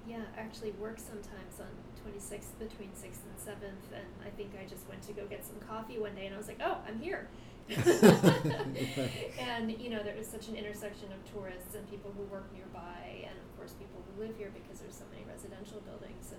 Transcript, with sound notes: I actually work sometimes on 26th between Sixth and Seventh, and I think I just went to go get some coffee one day, and I was like “Oh! I’m here.” [both laugh] There is such an intersection of tourists and people who work nearby, and of course, people who live here, because there’s so many residential buildings.